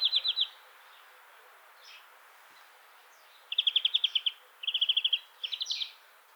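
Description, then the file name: European greenfinch giving short rapid trills of ticking notes, one brief burst at the start and three more bursts in quick succession near the end. "Chloris chloris"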